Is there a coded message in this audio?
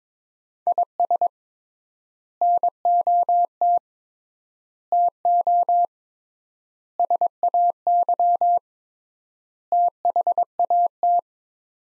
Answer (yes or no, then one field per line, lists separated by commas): yes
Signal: Morse code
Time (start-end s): 0.7-11.2 s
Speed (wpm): 22 wpm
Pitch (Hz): 700 Hz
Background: none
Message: IS NOT TO SAY THAT